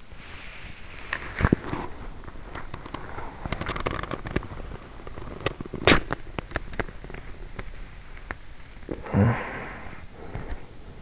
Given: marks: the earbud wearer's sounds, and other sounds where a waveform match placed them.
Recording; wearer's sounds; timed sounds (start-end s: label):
sounds in sleep by an in-ear microphone; body movement, talking in sleep
0.00-8.49 s: body movement
8.97-11.02 s: talking in sleep